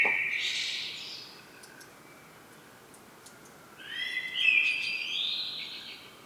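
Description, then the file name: Common blackbird: a squeaky high ending of one phrase, then after a pause a new run of rich whistles rising into a twittering close. "Turdus merula"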